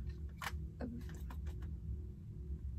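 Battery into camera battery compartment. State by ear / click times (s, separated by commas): not seated / none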